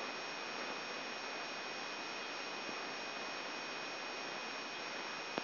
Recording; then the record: brain microelectrode recording played as sound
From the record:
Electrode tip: outside the subthalamic nucleus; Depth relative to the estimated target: 3 mm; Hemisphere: left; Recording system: AlphaMap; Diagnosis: Parkinson's disease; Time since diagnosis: 7 years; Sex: male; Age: 59 years